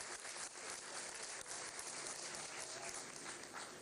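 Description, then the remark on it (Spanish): Steady applause from an audience for a young girl dressed in a libertadora costume, a dense wash of many hands clapping at an even level for a few seconds with no voices standing out. “Un aplauso para esa niña hermosa, ¿vale?”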